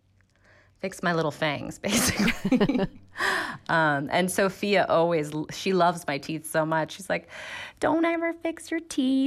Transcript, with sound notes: fix my little fangs, basically.
(LAUGHTER)
And Sofia always - she loves my teeth so much. She's like, don't ever fix your teeth.